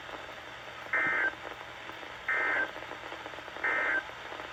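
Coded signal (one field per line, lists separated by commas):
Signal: Emergency Alert System (SAME) tones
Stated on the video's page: Weekly test EAS tones.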